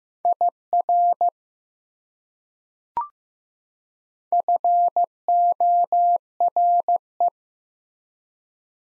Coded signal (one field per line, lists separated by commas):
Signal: Morse code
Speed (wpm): 15 wpm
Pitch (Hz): 700 Hz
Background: none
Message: IR FORE